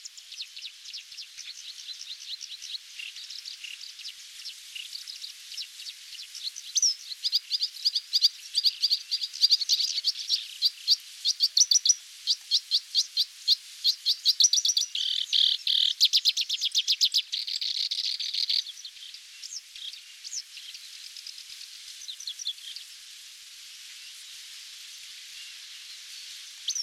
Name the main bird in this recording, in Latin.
Acrocephalus bistrigiceps